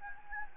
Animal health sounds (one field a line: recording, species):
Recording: mosquito wingbeat signal from an infrared sensor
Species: Anopheles gambiae